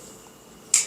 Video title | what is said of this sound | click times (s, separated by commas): [렉서스] 25년식 ES,NX,RX 스마트키 키배터리 교체 | 밀어서 딸깍 소리가 나게끔 끼워 주시면 되고요 | 0.7 s